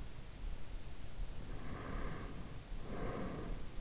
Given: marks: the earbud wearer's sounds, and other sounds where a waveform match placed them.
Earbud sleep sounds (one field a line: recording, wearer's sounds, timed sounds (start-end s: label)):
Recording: sounds in sleep by an in-ear microphone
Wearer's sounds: breath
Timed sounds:
1.25-3.71 s: breath